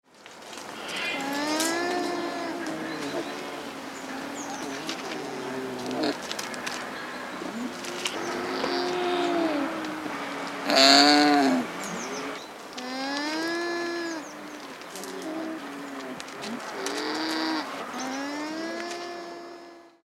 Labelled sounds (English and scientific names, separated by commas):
Llama (Lama glama)